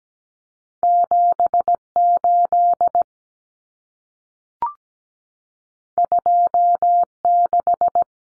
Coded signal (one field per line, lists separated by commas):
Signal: Morse code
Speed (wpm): 17 wpm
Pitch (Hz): 700 Hz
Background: none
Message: 78 26